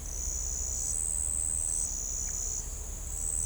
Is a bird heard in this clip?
no